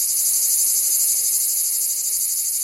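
insect, cicadas singing

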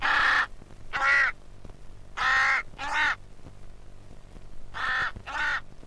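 bird, raven croaking

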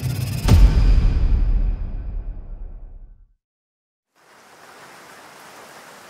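nature, steady rain falling

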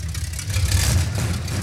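vehicle, motorcycle engine idling

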